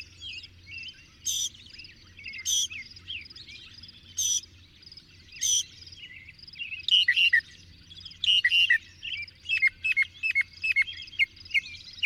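Bird song with four spaced sharp notes at first, then faster chirped phrases, all above a steady chorus of twittering.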